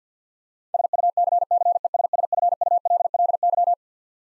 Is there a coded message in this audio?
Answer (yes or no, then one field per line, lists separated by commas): yes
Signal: Morse code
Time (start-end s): 0.7-3.7 s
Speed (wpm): 50 wpm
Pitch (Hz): 700 Hz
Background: none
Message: SUCCESSFULLY